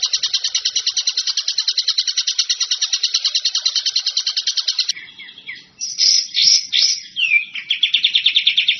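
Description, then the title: Bird song: a fast, harsh rattling chatter, then a brief quieter spell and varied whistles, slurred notes and a quick trill. Masteran compilation of bird song, described as the most complete. "Masteran burung terlengkap"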